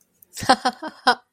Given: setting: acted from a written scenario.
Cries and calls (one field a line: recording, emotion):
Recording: vocal sound without words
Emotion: amusement